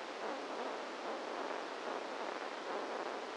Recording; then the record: brain microelectrode recording played as sound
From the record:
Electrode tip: outside the subthalamic nucleus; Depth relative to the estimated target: 1 mm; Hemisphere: left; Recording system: NeuroSet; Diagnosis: Parkinson's disease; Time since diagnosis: 8 years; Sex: male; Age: 58 years